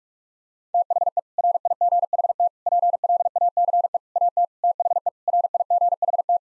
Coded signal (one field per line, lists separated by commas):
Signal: Morse code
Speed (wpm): 41 wpm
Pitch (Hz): 700 Hz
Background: none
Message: THE RIGHT PLACE AT THE RIGHT